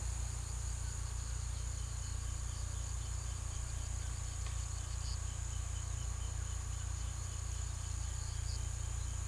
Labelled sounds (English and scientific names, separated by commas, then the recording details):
none
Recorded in pastures near Puerto Asís, Putumayo, Colombia, on 18 December 2024 at 14:30
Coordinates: 0.486, -76.323
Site GP01